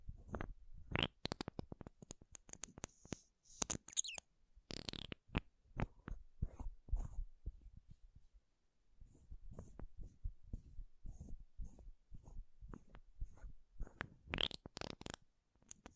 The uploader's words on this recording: ASMR MAKEUP TAPPING & SCRATCHING 3CE Unboxing (No Talking).